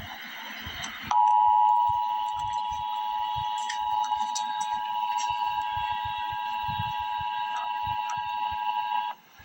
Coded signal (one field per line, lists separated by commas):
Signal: Emergency Alert System (SAME) tones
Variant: 853 and 960 Hz attention tone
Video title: Emergency Alert System - Severe Thunderstorm Warning - Aug 27, 2024 at 6:51 PM EDT